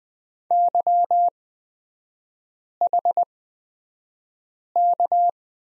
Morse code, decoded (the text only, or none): YHK